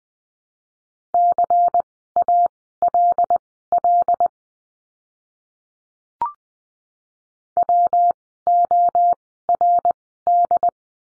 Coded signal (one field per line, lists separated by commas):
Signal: Morse code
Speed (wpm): 20 wpm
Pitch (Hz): 700 Hz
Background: none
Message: CALL WORD